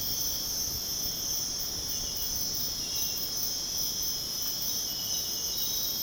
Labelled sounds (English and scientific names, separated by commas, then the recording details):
none
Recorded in pastures near Puerto Asís, Putumayo, Colombia, on 29 June 2025 at 05:00
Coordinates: 0.496, -76.326
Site GP01